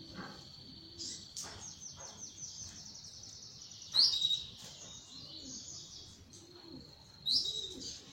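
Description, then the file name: Belgian canary song, a long continuous rolling high trill with quick pulsed notes, broken by two bright sharp accents about three seconds apart. Copper-coloured Belgian canary. "canto do canario belga cobre"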